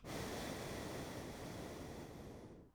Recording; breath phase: one breath near a microphone; exhalation